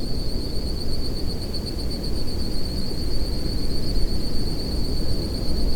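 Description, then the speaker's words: Crickets in a continuous high chorus, a single shrill tone that never pauses, beneath a strong low-pitched rumble. Crickets heard all around but not visible, in short ferns inside the rim of the Alcedo volcano caldera, Isabela island, Galápagos. "The air is full of the sound of crickets. I can't really see any of them, but I can hear them all around me in these short ferns."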